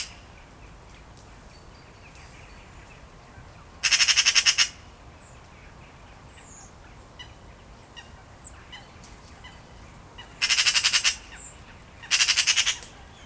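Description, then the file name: Eurasian magpie giving harsh, rapid rattling chatter in three short bursts, one near four seconds and two close together near the end, with faint chirps from other birds between. "Pica pica"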